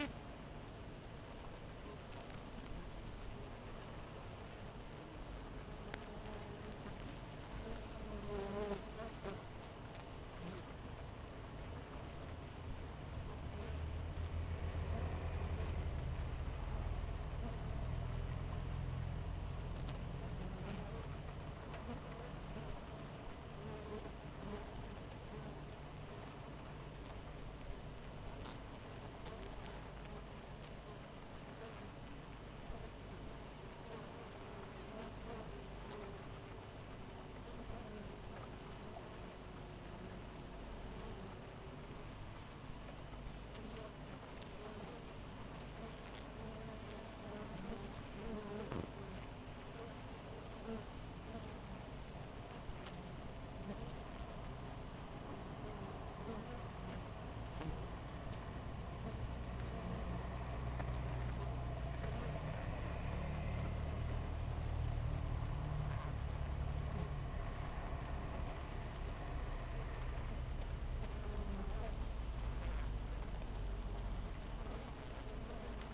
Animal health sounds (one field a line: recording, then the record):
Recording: honeybee colony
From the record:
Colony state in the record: missing queen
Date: 14 July 2017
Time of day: 6:34